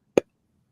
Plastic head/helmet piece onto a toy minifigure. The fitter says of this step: They might just snap right in.